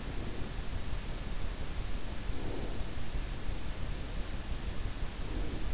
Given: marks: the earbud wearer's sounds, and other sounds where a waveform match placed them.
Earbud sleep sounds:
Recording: sounds in sleep by an in-ear microphone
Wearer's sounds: breath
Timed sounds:
0.00-0.61 s: breath
2.36-2.75 s: breath
5.27-5.66 s: breath

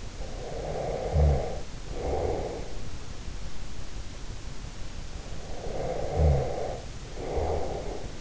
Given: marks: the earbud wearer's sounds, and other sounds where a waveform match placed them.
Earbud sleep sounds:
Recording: sounds in sleep by an in-ear microphone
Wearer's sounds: snoring breath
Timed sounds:
0.24-2.75 s: snoring breath
5.27-8.21 s: snoring breath

